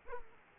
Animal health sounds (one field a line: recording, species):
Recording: mosquito wingbeat signal from an infrared sensor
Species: Aedes aegypti